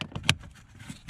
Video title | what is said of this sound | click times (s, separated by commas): How to Replace Damper Door Switch Ford Focus 2000-2007 | just the two fingers making sure that's snapped back into its place | 0.3 s